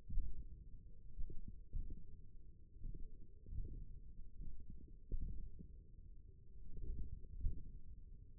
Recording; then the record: forearm muscle sounds (acoustic myography)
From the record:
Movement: tripod grip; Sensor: system 1, eight BSWA MPA416 microphones around the upper forearm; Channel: 2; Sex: male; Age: 28 years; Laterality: right